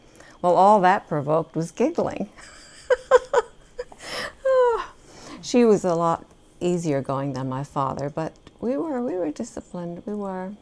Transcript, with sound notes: Well, all that provoked was giggling. (she laughs) She was a lot easier-going than my father, but we were really disciplined, we were.